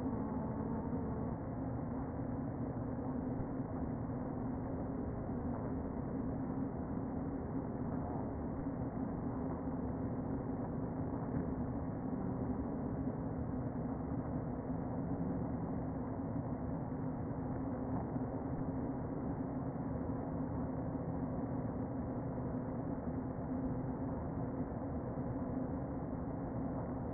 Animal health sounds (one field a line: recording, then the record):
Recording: honeybee colony, microphone inside the hive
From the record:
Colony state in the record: queen present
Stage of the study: before two queens were removed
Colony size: about 60,000 bees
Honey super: yes